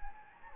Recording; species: mosquito wingbeat signal from an infrared sensor; Anopheles gambiae